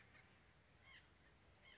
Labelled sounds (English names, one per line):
White-breasted Nuthatch